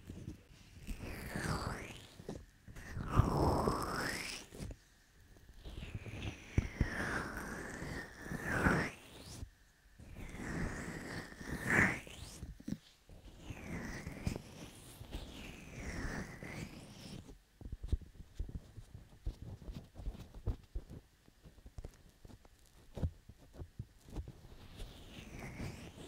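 Ear cleaning and massage: wet, squishy rubbing sounds come in repeated swells every few seconds, with slippery swooshing sweeps that rise and fall. After about seventeen seconds the strokes turn sparse, giving way to light ticking and crackling taps until the end.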